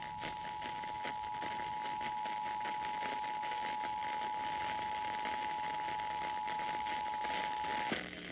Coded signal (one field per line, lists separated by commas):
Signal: Emergency Alert System (SAME) tones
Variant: 853 and 960 Hz attention tone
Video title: Iowa EAS Required Monthly Test and WHO (AM) RWT (December 4, 2019)